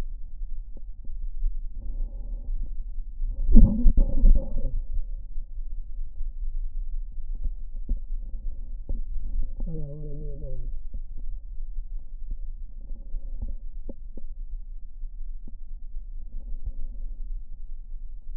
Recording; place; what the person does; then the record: lung sounds by stethoscope; right anterior apical chest; quiet breathing, then cough and speech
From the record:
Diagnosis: COPD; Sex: male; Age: 65 years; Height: 162 cm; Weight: 67.8 kg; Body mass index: 25.8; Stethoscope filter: diaphragm mode